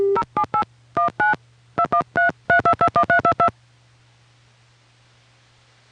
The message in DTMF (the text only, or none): 078 19 2133221322